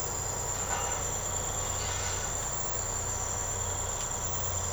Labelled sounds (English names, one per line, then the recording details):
none
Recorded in secondary vegetation near Puerto Asís, Putumayo, Colombia, on 13 March 2025 at 05:00
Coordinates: 0.468, -76.324
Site G059